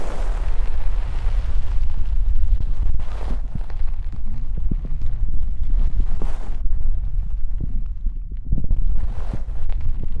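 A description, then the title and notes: Deep ear cleaning, heavy with a constant low rumble and dense crackling pops throughout. Brighter scratchy swishes rise roughly every three seconds, near the start and around 3, 6 and 9 seconds, while small clicks scatter in between at a fairly steady loudness. ASMR INTENSE Deep Ear Cleaning (No Talking).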